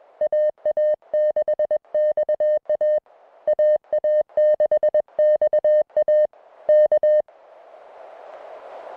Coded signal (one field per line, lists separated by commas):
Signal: Morse code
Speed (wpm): 21 wpm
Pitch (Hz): 590 Hz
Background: none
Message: AA6XA AA6XA K